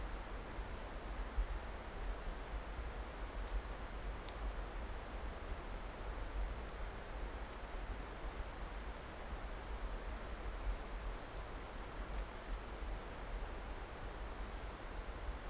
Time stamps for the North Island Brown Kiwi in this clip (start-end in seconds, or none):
none